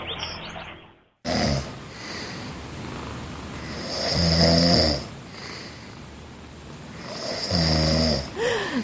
It is the sound of her Saturday morning, a snoring man.